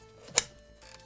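A part of a new graphics card install in a PC, either the card or its power connector, is pushed in because it was acting funky. One sharp, loud click sounds at 0.4 s over a quiet background, with two much fainter ticks after it. The part clicks into place and is seated.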